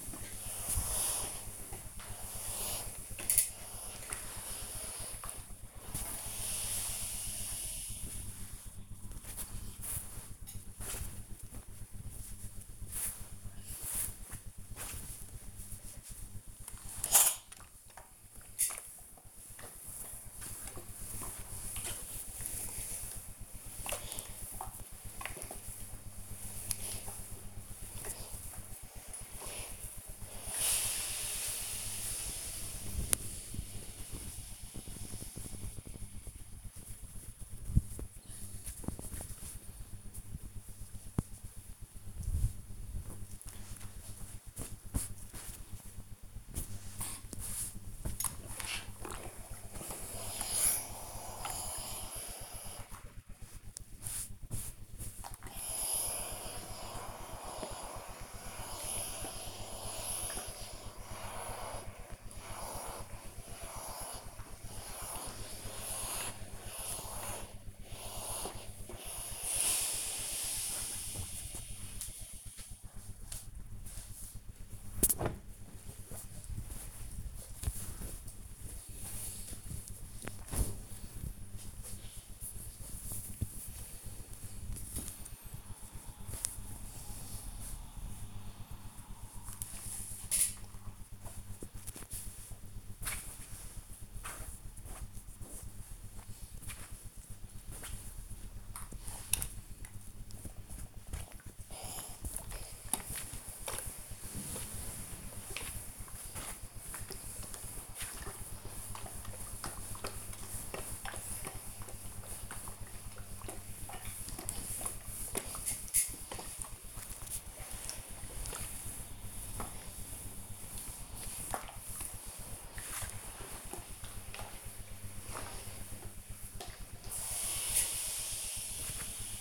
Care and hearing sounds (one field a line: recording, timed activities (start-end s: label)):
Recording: household activities, microphone on the right wrist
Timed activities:
0.00-74.75 s: ironing laundry
99.92-129.41 s: ironing laundry